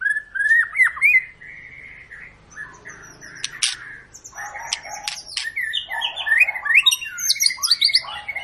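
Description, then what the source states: White-rumped shama song: varied clear whistles with sliding notes and sharp clicks, dense bursts of warbling phrases later, with a faint low hum beneath. Long, lively ('gacor') lure song of murai batu, played to prompt birds to sing.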